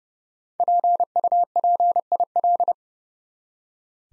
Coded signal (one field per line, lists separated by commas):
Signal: Morse code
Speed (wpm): 30 wpm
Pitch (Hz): 700 Hz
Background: none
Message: PUPIL